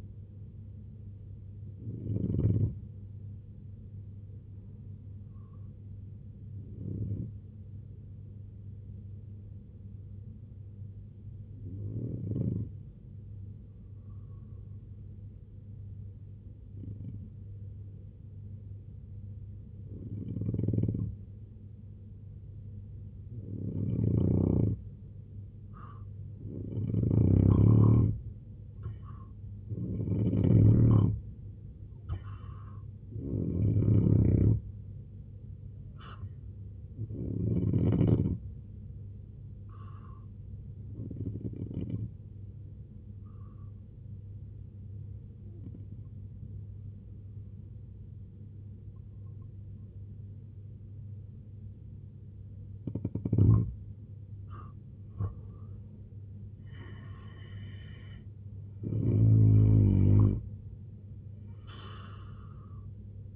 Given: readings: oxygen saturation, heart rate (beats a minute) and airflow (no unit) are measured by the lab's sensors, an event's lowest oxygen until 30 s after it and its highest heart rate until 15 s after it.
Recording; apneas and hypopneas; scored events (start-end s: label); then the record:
breathing in sleep by a smartphone at the bedside; 2
4.00-27.40 s: hypopnea (N2, oxygen 94% highest, then 87% lowest, heart rate 65 at the start, 83 highest)
40.00-54.10 s: hypopnea (N2, oxygen 92% highest, then 86% lowest, heart rate 75 at the start, 87 highest)
54.00-63.36 s: new sleep stage, N1 (lightest sleep)
From the record:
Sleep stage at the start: N2 (light sleep); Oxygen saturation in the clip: 87 to 94%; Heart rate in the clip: 61 to 87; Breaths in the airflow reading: 13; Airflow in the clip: -9.8 to 7.8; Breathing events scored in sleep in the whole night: 258 in 7.4 hours asleep